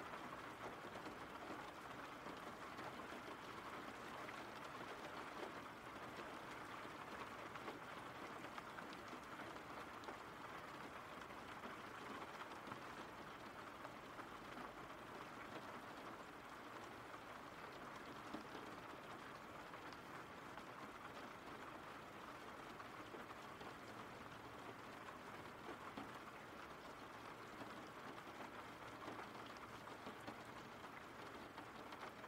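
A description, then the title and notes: Rain falls in a steady, dense hiss that stays even from start to finish, with no pauses or swells. The sound sits mostly in the middle range, with a soft low rumble underneath and fine patter spread through the brighter top. RAIN SOUNDS.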